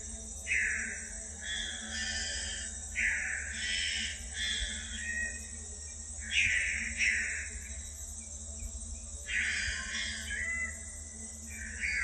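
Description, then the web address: Bornean bristlehead giving rough, nasal calls in uneven groups about every few seconds, with a continuous high insect buzz and a low background hum. Recorded in Danum Valley, Borneo, on 27 March 2007. "DANUM 20070327 bristlehead"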